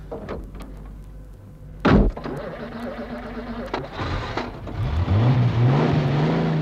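A few sharp car door slams, one much louder than the rest, then an engine starts and revs with a rising, steady hum as the car pulls away.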